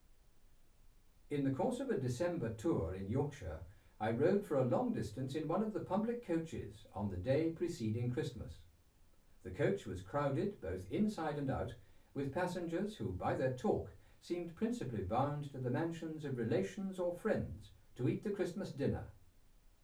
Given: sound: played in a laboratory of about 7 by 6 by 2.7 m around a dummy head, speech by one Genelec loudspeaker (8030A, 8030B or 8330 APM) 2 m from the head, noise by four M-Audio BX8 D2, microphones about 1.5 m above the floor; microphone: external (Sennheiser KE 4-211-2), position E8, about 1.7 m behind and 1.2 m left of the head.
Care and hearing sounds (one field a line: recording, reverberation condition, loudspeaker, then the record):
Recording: male speech in English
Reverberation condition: low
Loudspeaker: 120 degrees to the right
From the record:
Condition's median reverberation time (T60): about 310 ms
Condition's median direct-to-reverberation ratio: about 3.5 dB